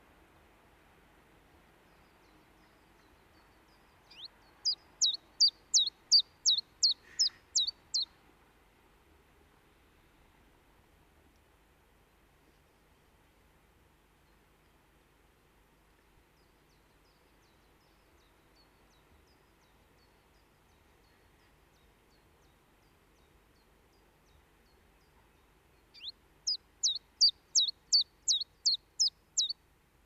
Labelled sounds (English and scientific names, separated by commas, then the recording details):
Common Chiffchaff (Phylloscopus collybita)
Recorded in the wild
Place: Oberstdorf, Bayern, DE
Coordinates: 47.4378, 10.3039
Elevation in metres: 1055
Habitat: mountains
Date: 1976-04-05
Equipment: Nagra IV, Sennheiser MKH 405, Parabolreflektor
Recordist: Tretzel, Erwin
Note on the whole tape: Weg zur Gaisalpe, Oberstdorf: Reviergesang, zu Beginn "hüid"-Rufe